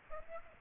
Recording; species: mosquito wingbeat signal from an infrared sensor; Aedes aegypti